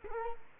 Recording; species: mosquito wingbeat signal from an infrared sensor; Culex quinquefasciatus